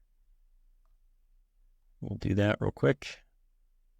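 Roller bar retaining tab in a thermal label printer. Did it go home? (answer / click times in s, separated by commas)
no / none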